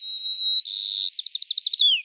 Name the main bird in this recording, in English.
White-crowned Sparrow